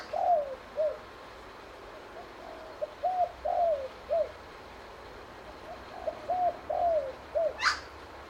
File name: BIRD SPOTTED TURTLE DOVE CALL